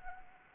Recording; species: mosquito wingbeat signal from an infrared sensor; Anopheles arabiensis